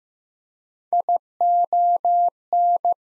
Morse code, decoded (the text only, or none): ION